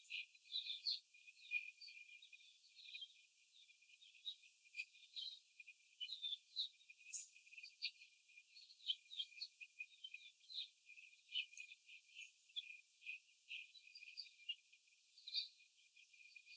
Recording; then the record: young laying hens in a cage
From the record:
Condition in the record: after the stressor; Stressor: simulated dog barking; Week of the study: 4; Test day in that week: 3